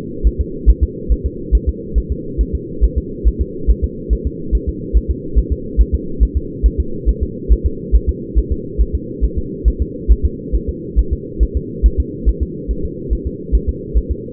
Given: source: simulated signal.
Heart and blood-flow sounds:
fetal heart sounds
0.27 s: S1
0.41 s: S2
0.70 s: S1
0.83 s: S2
1.12 s: S1
1.26 s: S2
1.55 s: S1
1.69 s: S2
1.98 s: S1
2.12 s: S2
2.41 s: S1
2.55 s: S2
2.84 s: S1
2.98 s: S2
3.27 s: S1
3.41 s: S2
3.70 s: S1
3.84 s: S2
4.13 s: S1
4.27 s: S2
4.55 s: S1
4.69 s: S2
4.97 s: S1
5.11 s: S2
5.38 s: S1
5.52 s: S2
5.81 s: S1
5.94 s: S2
6.23 s: S1
6.37 s: S2
6.66 s: S1
6.80 s: S2
7.09 s: S1
7.23 s: S2
7.52 s: S1
7.66 s: S2
7.95 s: S1
8.09 s: S2
8.38 s: S1
8.52 s: S2
8.81 s: S1
8.95 s: S2
9.25 s: S1
9.38 s: S2
9.68 s: S1
9.82 s: S2
10.12 s: S1
10.25 s: S2
10.55 s: S1
10.69 s: S2
10.99 s: S1
11.13 s: S2
11.43 s: S1
11.57 s: S2
11.86 s: S1
12.00 s: S2
12.29 s: S1
12.43 s: S2
12.71 s: S1
12.85 s: S2
13.13 s: S1
13.27 s: S2
13.55 s: S1
13.69 s: S2
13.98 s: S1
14.11 s: S2
From the record:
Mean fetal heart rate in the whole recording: 140 bpm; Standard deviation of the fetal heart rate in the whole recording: 2 bpm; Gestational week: 34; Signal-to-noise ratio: -4.3 dB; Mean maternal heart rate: 72 bpm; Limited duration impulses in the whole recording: present

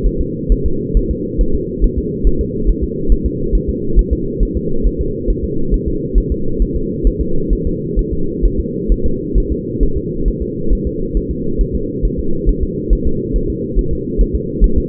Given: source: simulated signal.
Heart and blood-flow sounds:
fetal heart sounds
0.06 s: S1
0.21 s: S2
0.52 s: S1
0.66 s: S2
0.97 s: S1
1.11 s: S2
1.41 s: S1
1.55 s: S2
1.84 s: S1
1.98 s: S2
2.27 s: S1
2.41 s: S2
2.69 s: S1
2.84 s: S2
3.12 s: S1
3.26 s: S2
3.55 s: S1
3.69 s: S2
3.99 s: S1
4.13 s: S2
4.43 s: S1
4.57 s: S2
4.87 s: S1
5.01 s: S2
5.30 s: S1
5.44 s: S2
5.74 s: S1
5.88 s: S2
6.18 s: S1
6.32 s: S2
6.62 s: S1
6.76 s: S2
7.07 s: S1
7.21 s: S2
7.53 s: S1
7.67 s: S2
7.99 s: S1
8.13 s: S2
8.45 s: S1
8.60 s: S2
8.92 s: S1
9.06 s: S2
9.38 s: S1
9.52 s: S2
9.83 s: S1
9.97 s: S2
10.28 s: S1
10.42 s: S2
10.73 s: S1
10.87 s: S2
11.17 s: S1
11.31 s: S2
11.61 s: S1
11.75 s: S2
12.05 s: S1
12.20 s: S2
12.49 s: S1
12.63 s: S2
12.93 s: S1
13.07 s: S2
13.36 s: S1
13.50 s: S2
13.79 s: S1
13.93 s: S2
14.21 s: S1
14.35 s: S2
14.64 s: S1
14.78 s: S2
From the record:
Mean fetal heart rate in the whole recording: 135 bpm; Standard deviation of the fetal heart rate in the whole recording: 3 bpm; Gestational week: 36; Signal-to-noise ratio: -8.1 dB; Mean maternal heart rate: 72 bpm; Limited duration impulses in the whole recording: absent

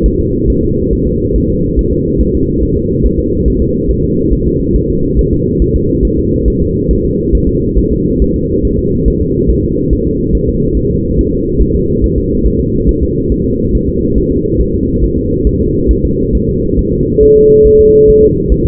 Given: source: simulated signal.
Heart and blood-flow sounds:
fetal heart sounds
0.06 s: S1
0.20 s: S2
0.50 s: S1
0.64 s: S2
0.93 s: S1
1.07 s: S2
1.36 s: S1
1.50 s: S2
1.79 s: S1
1.93 s: S2
2.21 s: S1
2.35 s: S2
2.63 s: S1
2.77 s: S2
3.06 s: S1
3.19 s: S2
3.48 s: S1
3.62 s: S2
3.91 s: S1
4.04 s: S2
4.33 s: S1
4.47 s: S2
4.76 s: S1
4.90 s: S2
5.19 s: S1
5.33 s: S2
5.62 s: S1
5.76 s: S2
6.05 s: S1
6.19 s: S2
6.48 s: S1
6.62 s: S2
6.91 s: S1
7.05 s: S2
7.35 s: S1
7.49 s: S2
7.78 s: S1
7.92 s: S2
8.22 s: S1
8.36 s: S2
8.65 s: S1
8.79 s: S2
9.08 s: S1
9.22 s: S2
9.50 s: S1
9.65 s: S2
9.93 s: S1
10.07 s: S2
10.35 s: S1
10.49 s: S2
10.77 s: S1
10.91 s: S2
11.19 s: S1
11.33 s: S2
11.62 s: S1
11.75 s: S2
12.04 s: S1
12.18 s: S2
12.47 s: S1
12.60 s: S2
12.89 s: S1
13.03 s: S2
13.32 s: S1
13.46 s: S2
13.75 s: S1
13.89 s: S2
14.18 s: S1
14.32 s: S2
14.61 s: S1
14.75 s: S2
15.04 s: S1
15.18 s: S2
15.47 s: S1
15.61 s: S2
15.91 s: S1
16.05 s: S2
16.35 s: S1
16.49 s: S2
16.79 s: S1
16.93 s: S2
17.23 s: S1
17.37 s: S2
17.67 s: S1
17.81 s: S2
18.10 s: S1
18.24 s: S2
18.52 s: S1
18.66 s: S2
From the record:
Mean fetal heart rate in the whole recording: 140 bpm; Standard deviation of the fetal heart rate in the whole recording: 2 bpm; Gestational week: 34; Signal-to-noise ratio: -10.2 dB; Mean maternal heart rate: 72 bpm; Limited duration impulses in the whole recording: present

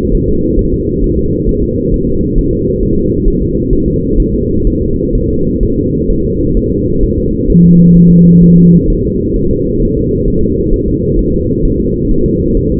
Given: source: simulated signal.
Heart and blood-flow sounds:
fetal heart sounds
0.14 s: S1
0.29 s: S2
0.59 s: S1
0.74 s: S2
1.04 s: S1
1.19 s: S2
1.49 s: S1
1.64 s: S2
1.94 s: S1
2.09 s: S2
2.38 s: S1
2.53 s: S2
2.83 s: S1
2.98 s: S2
3.28 s: S1
3.42 s: S2
3.73 s: S1
3.88 s: S2
4.20 s: S1
4.34 s: S2
4.67 s: S1
4.82 s: S2
5.15 s: S1
5.30 s: S2
5.63 s: S1
5.78 s: S2
6.10 s: S1
6.25 s: S2
6.57 s: S1
6.72 s: S2
7.03 s: S1
7.18 s: S2
7.50 s: S1
7.65 s: S2
7.97 s: S1
8.11 s: S2
8.44 s: S1
8.58 s: S2
8.90 s: S1
9.05 s: S2
9.37 s: S1
9.51 s: S2
9.82 s: S1
9.97 s: S2
10.28 s: S1
10.43 s: S2
10.73 s: S1
10.88 s: S2
11.19 s: S1
11.34 s: S2
11.65 s: S1
11.80 s: S2
12.11 s: S1
12.26 s: S2
12.57 s: S1
12.72 s: S2
From the record:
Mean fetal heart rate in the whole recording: 130 bpm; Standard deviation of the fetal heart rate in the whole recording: 4 bpm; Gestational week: 38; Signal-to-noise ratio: -15.3 dB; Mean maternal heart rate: 72 bpm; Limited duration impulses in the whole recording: present

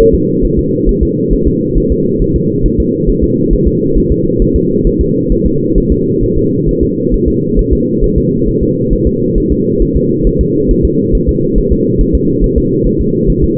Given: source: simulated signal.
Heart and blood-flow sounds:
fetal heart sounds
0.00 s: S1
0.15 s: S2
0.45 s: S1
0.59 s: S2
0.89 s: S1
1.03 s: S2
1.33 s: S1
1.47 s: S2
1.78 s: S1
1.92 s: S2
2.22 s: S1
2.36 s: S2
2.66 s: S1
2.80 s: S2
3.09 s: S1
3.24 s: S2
3.53 s: S1
3.68 s: S2
3.97 s: S1
4.12 s: S2
4.42 s: S1
4.56 s: S2
4.87 s: S1
5.01 s: S2
5.32 s: S1
5.46 s: S2
5.78 s: S1
5.92 s: S2
6.23 s: S1
6.38 s: S2
6.69 s: S1
6.83 s: S2
7.14 s: S1
7.28 s: S2
7.59 s: S1
7.73 s: S2
8.04 s: S1
8.18 s: S2
8.49 s: S1
8.63 s: S2
8.93 s: S1
9.07 s: S2
9.38 s: S1
9.52 s: S2
9.82 s: S1
9.97 s: S2
10.27 s: S1
10.41 s: S2
10.71 s: S1
10.85 s: S2
11.15 s: S1
11.29 s: S2
11.58 s: S1
11.72 s: S2
12.01 s: S1
12.15 s: S2
12.44 s: S1
12.58 s: S2
12.87 s: S1
13.01 s: S2
13.30 s: S1
13.44 s: S2
From the record:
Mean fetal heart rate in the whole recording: 135 bpm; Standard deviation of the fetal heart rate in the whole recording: 3 bpm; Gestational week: 36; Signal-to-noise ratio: -11.2 dB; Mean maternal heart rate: 72 bpm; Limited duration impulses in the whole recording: present

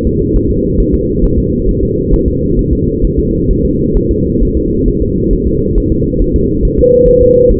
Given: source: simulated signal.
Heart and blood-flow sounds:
fetal heart sounds
0.07 s: S2
0.36 s: S1
0.51 s: S2
0.80 s: S1
0.94 s: S2
1.24 s: S1
1.38 s: S2
1.69 s: S1
1.83 s: S2
2.14 s: S1
2.28 s: S2
2.59 s: S1
2.73 s: S2
3.05 s: S1
3.19 s: S2
3.51 s: S1
3.65 s: S2
3.97 s: S1
4.11 s: S2
4.42 s: S1
4.57 s: S2
4.88 s: S1
5.02 s: S2
5.33 s: S1
5.47 s: S2
5.78 s: S1
5.92 s: S2
6.22 s: S1
6.36 s: S2
6.65 s: S1
6.79 s: S2
7.08 s: S1
7.22 s: S2
7.51 s: S1
From the record:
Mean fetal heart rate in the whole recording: 135 bpm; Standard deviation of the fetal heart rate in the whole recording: 3 bpm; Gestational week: 36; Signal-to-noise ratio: -14.7 dB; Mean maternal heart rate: 72 bpm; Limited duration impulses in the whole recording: present

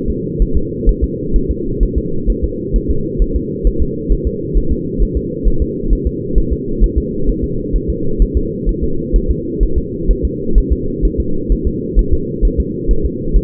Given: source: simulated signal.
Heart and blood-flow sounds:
fetal heart sounds
0.10 s: S2
0.42 s: S1
0.57 s: S2
0.89 s: S1
1.04 s: S2
1.36 s: S1
1.51 s: S2
1.83 s: S1
1.98 s: S2
2.30 s: S1
2.44 s: S2
2.76 s: S1
2.91 s: S2
3.22 s: S1
3.36 s: S2
3.67 s: S1
3.82 s: S2
4.12 s: S1
4.27 s: S2
4.57 s: S1
4.72 s: S2
5.03 s: S1
5.17 s: S2
5.48 s: S1
5.62 s: S2
5.93 s: S1
6.07 s: S2
6.38 s: S1
6.53 s: S2
6.84 s: S1
6.98 s: S2
7.30 s: S1
7.44 s: S2
7.76 s: S1
7.90 s: S2
8.22 s: S1
8.37 s: S2
8.69 s: S1
8.84 s: S2
9.16 s: S1
9.31 s: S2
9.63 s: S1
9.78 s: S2
10.11 s: S1
10.25 s: S2
10.58 s: S1
10.72 s: S2
11.05 s: S1
11.20 s: S2
11.52 s: S1
11.67 s: S2
11.99 s: S1
12.13 s: S2
12.45 s: S1
12.60 s: S2
12.91 s: S1
13.06 s: S2
13.37 s: S1
From the record:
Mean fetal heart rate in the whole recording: 130 bpm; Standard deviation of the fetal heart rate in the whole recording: 2 bpm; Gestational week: 36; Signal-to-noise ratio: -8.1 dB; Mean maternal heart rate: 72 bpm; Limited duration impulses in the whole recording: absent

